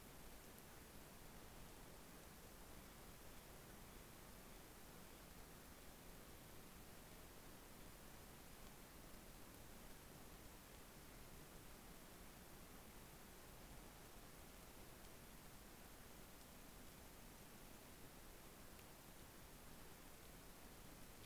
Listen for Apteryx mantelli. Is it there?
no